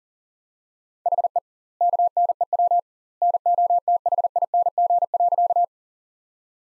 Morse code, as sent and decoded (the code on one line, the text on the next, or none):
.... . / -.- -. . .-- / -. --- - .... .. -. --. .-.-.-
HE KNEW NOTHING.